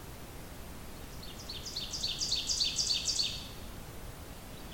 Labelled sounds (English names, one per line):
Ovenbird song